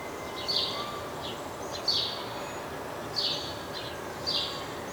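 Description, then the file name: House sparrow calls: four harsh chirps, each followed by a softer echoing note, spaced a little over a second apart, with steady background noise. "Passer domesticus"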